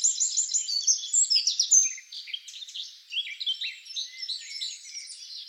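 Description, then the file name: Eurasian wren pouring out a fast, high jumble of chattering notes, loudest in the first two seconds, then continuing more softly. "Troglodytes troglodytes"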